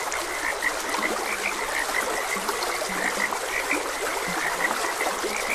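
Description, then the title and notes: Several frogs calling: clear, clipped chirping notes repeating rapidly, with occasional deeper croaks, over constant trickling water. Frogs croaking beside a gentle stream. "Frogs Croaking. Sleep and Relaxation Podcast"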